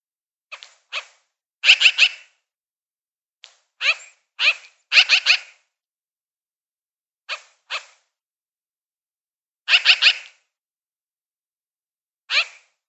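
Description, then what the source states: Magpie giving a long series of harsh, rattling chatter calls in irregular bursts of single, double and triple grating notes, separated by short pauses, with no other sounds. Chirping.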